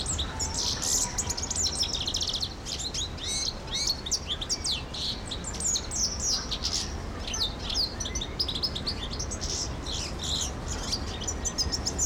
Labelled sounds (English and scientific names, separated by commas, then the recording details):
European Goldfinch (Carduelis carduelis)
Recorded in captivity
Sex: male
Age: adult
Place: Zoo Berlin, Berlin, DE
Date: 1992-11-07 12:03
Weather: bedeckt, 14°C
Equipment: Marantz CP 430, Sennheiser ME 80, Kopie Tesla B 116
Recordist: Tembrock, Günter